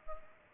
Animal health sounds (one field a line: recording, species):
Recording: mosquito wingbeat signal from an infrared sensor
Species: Culex pipiens